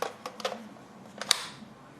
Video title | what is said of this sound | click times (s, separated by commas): Airsoft Gun Review: Double Eagle Krinkov | Clicks right into place. | 1.3 s